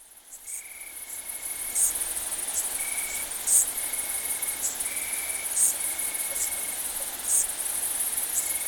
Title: Sylvain Jaskowiak - Animus. Decticelles, grillons d'Italie, grandes sauterelles vertes - Saignon, Vaucluse - septembre 2000